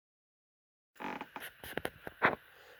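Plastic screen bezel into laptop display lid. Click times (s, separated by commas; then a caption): 1.0 s, 1.2 s, 1.4 s, 1.8 s, 1.9 s, 2.3 s. The plastic screen bezel of a Lenovo laptop is pressed home along the bottom edge of the display lid after a screen replacement. After a silent first second, a series of small plastic snaps is heard at 1.0, 1.2, 1.4, 1.8, 1.9 and 2.3 seconds. The bezel clips are seated all the way back in.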